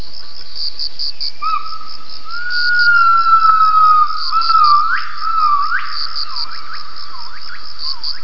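Gibbon calling with a long, sustained whistled tone that wavers slightly, broken by a few sharp upward-swooping notes, over a continuous high insect buzz.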